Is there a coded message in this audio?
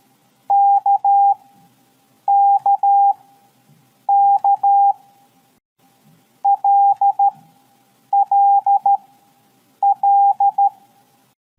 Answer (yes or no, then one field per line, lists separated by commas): yes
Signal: Morse code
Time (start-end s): 0.5-10.7 s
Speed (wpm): 13 wpm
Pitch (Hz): 800 Hz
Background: none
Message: KKK LLL